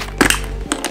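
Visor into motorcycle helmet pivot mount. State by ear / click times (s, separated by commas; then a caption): seated / 0.2 s, 0.7 s. The face shield of a Simpson Mod Bandit motorcycle helmet is pushed back into the helmet's side pivot mechanism and twisted to replace the visor. Sharp clicks sound at 0.2 s and 0.7 s, with softer ticks in between, and the visor locks in place.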